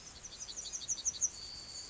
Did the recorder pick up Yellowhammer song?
yes